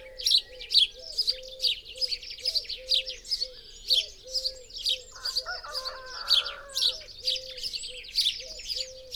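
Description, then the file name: House sparrow chirping, quick harsh notes in an uneven series, with a lower warbling sound briefly joining midway and a soft, wavering low hum throughout. "Passer domesticus"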